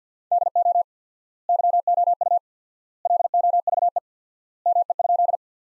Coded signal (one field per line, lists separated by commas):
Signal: Morse code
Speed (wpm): 50 wpm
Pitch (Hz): 700 Hz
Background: none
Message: DO YOU LOVE ME?